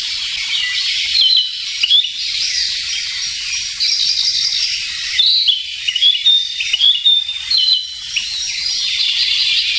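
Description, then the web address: Narcissus flycatcher song of bright whistles and downslurred chirps in short phrases, set against a continuous high buzzing hiss. "sikioto. kibitaki"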